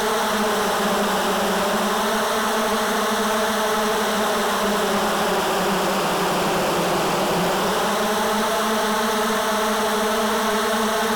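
Insect buzzing in a dense, continuous drone, an unbroken harmonic hum.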